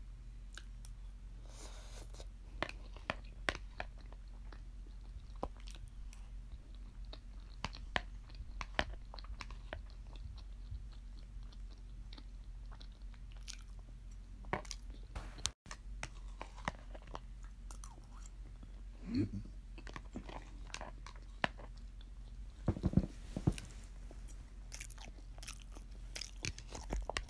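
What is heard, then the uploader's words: Someone eats rice and meat with potatoes, with soft, irregular chewing and small crunchy bites scattered throughout. A steady low hum runs underneath, and a cluster of louder, wetter chews stands out around 19 and 23 seconds. ASMR eats: rice and meat with potatoes.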